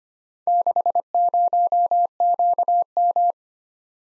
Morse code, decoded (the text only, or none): 60QM